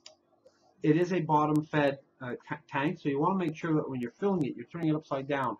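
The airflow control dial on the base of a clearomizer vape tank is turned until it clicks into a detent, locking it in place. A single short, sharp tick is heard at 0.1 s, then someone talks.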